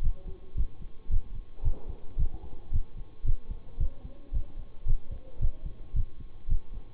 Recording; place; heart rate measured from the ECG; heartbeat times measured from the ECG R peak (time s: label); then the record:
heart sounds by stethoscope; between the tricuspid and mitral areas; 111 bpm
0.01 s: heartbeat
0.55 s: heartbeat
1.09 s: heartbeat
1.63 s: heartbeat
2.17 s: heartbeat
2.71 s: heartbeat
3.24 s: heartbeat
3.78 s: heartbeat
4.32 s: heartbeat
4.86 s: heartbeat
5.40 s: heartbeat
5.94 s: heartbeat
6.48 s: heartbeat
From the record:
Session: bicycle stress test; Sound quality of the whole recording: good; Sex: male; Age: 26 years